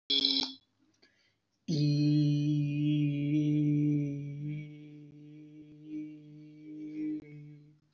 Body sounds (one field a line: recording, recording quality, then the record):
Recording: sustained vowel as in beet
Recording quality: excellent, no background noise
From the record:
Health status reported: respiratory illness, not identified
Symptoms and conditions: hypertension, diabetes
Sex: male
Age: 31 years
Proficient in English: yes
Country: India